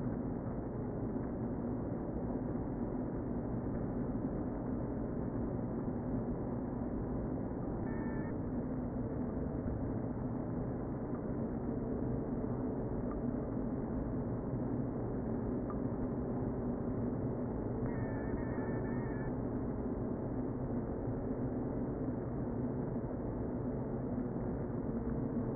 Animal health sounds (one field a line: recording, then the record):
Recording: honeybee colony, microphone inside the hive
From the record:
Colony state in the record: queen present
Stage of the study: before two queens were removed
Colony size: about 60,000 bees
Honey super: yes